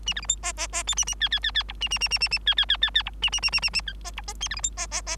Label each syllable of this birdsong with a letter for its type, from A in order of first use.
A B C D E E E F A A G G G G H A A A A A A G G G G G H A A A A A A I E H E A B C D E E E